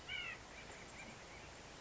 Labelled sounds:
White-breasted Nuthatch
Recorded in Sonoma County, California

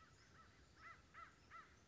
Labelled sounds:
American Crow
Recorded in Sonoma County, California

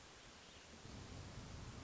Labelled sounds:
Hermit Thrush
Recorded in Sonoma County, California

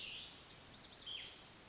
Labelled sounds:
Cassin's Vireo
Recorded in Sonoma County, California

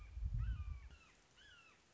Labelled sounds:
Red-shouldered Hawk
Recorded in Sonoma County, California

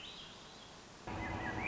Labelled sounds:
Swainson's Thrush
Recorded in Sonoma County, California

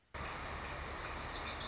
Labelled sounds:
Wilson's Warbler
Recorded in Sonoma County, California

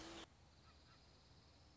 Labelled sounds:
Dark-eyed Junco
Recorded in Sonoma County, California

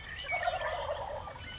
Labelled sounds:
Wild Turkey
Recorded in Sonoma County, California

